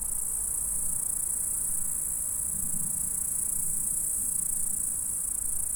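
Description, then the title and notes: Insect stridulation, continuous and high-pitched, accompanied by a faint low rumbling hum in the middle. "Saint-François-de-Sales, France - insectes. Stridulations dans la prairie. Enregistreur ZoomH4"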